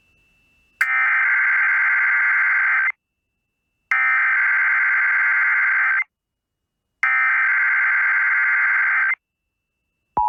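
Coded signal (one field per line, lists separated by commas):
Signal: Emergency Alert System (SAME) tones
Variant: header bursts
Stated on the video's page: Tornado Watch relayed three times from NOAA Weather Radio via EMNET on WERO-FM, North Carolina.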